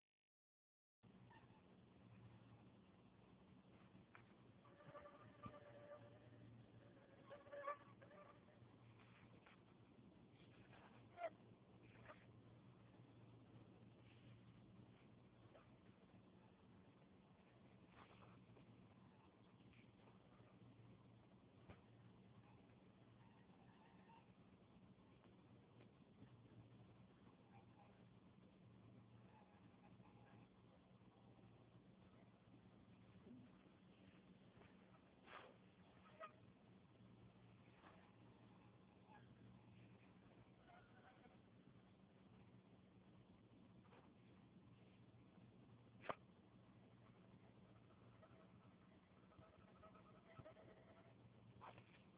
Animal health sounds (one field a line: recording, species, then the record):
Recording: mosquito flight sound by mobile phone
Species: Anopheles farauti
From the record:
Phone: Huawei 866C